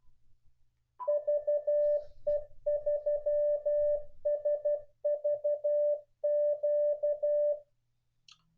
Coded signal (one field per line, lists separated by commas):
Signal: Morse code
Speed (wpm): 12 wpm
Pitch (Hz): 590 Hz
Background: none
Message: VE3SVQ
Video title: NEW MORSE CODE OP HOW DO YOU GET FASTER